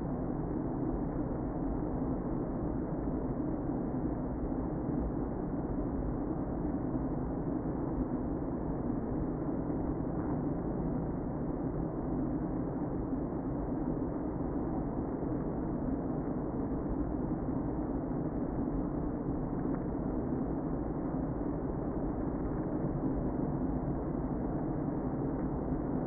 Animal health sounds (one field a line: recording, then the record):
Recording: honeybee colony, microphone inside the hive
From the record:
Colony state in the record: queen present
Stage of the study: before two queens were removed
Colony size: about 60,000 bees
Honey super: yes